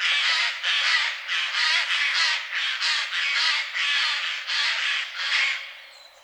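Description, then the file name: Eurasian jay screeching harshly and repeatedly, a rough, tearing series of calls with uneven spacing. "Garrulus glandarius"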